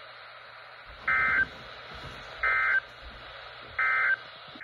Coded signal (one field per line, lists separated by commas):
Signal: Emergency Alert System (SAME) tones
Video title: Raleigh, Im from Virginia, Not North Carolina (5/1/22) (EAS #137-141)